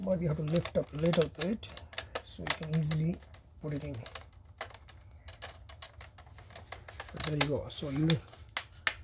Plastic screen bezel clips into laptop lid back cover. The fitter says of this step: can hear the snaps put the finger on all the way every side